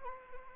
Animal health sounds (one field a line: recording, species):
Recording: mosquito wingbeat signal from an infrared sensor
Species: Anopheles arabiensis